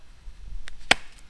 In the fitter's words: There you go, click together.